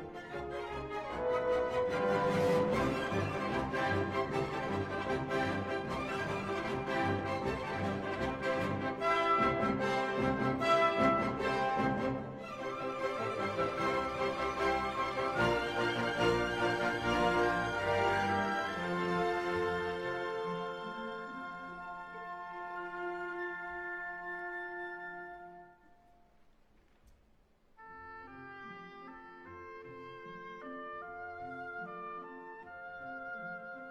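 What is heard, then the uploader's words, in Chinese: Music at a Lunar New Year parade in the US capital, loud and crowded for the first twenty seconds, with sustained tones and sharp hits stacked together. After that it thins to a quieter, simpler melody, briefly dropping away around 26 seconds before resuming. 龙年美国首都春节游行。参加游行的人来自各个种族，非常热闹。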